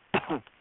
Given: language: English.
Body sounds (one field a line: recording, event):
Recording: throat vibration sensor signal played as sound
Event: cough